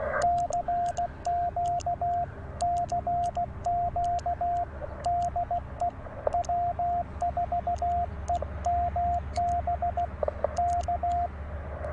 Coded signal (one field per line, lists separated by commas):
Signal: Morse code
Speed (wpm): 16 wpm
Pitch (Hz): 700 Hz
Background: radio noise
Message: CQ CQ DE W4EMB K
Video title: POTA in CW at Dunbar Cave State Park